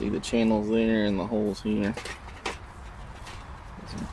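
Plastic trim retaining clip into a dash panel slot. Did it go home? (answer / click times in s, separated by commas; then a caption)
yes / 2.5 s. Someone talks, then at 2.5 s a sharp click is heard as a plastic trim retaining clip is pressed into its channel or hole in a Jeep Wrangler dash panel slot during a head unit install. The clip seats with a nice click, followed by quiet handling noise.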